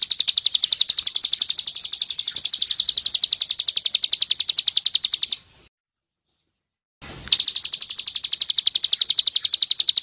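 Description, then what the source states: Bird's fast, high, buzzy pulsed trill runs steadily, stops for over a second of silence, then resumes unchanged. Masteran recording, meaning a training recording used to tutor songbirds.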